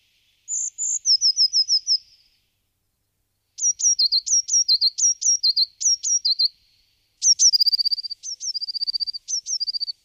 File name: Parus caeruleus - Herrerillo común